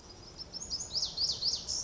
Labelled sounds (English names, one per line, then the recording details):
Pacific Wren
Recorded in Sonoma County, California